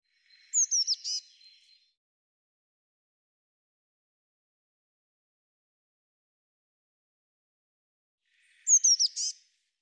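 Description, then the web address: Eurasian blue tit calls: two brief bursts of thin, high, descending notes, one at the start and one near the end, with silence in between. "cianscape birddata Deverinetal 2025 File cleaned normalized Bird Cy Ca"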